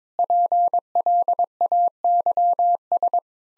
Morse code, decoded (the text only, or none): PLAYS